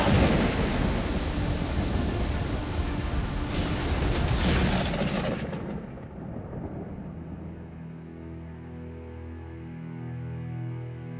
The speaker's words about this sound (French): Cette affreuse tempête dure plus de 5 heures.